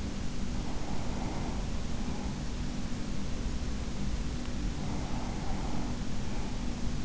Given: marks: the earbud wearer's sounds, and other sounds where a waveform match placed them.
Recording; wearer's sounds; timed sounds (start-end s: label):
sounds in sleep by an in-ear microphone; breath
0.52-2.75 s: breath
4.56-7.05 s: breath